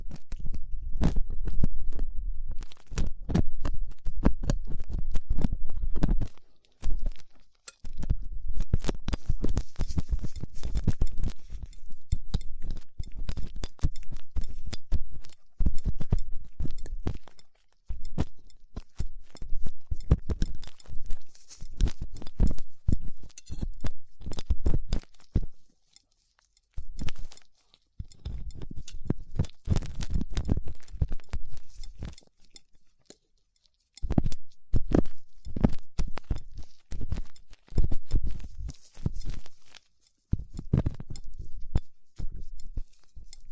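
Ear cleaning with latex gloves, a dental pick and cotton swabs: dense crackly scratching and rubbing in irregular bursts, broken by brief silences.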